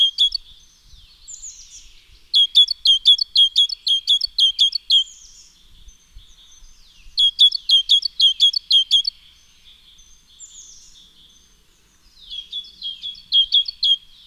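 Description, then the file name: Great tit calling in bursts of quick, bright two-note chirps, with quieter pauses between the bursts. "Parus major"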